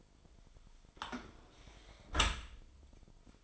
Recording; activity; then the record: daily activity, microphone in the room; close dishwasher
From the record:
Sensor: 5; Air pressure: 1003.2 hPa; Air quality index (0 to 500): 128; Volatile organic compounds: 1 ppm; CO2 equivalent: 937 ppm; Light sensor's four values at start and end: 90/217/92/105 and 86/207/88/101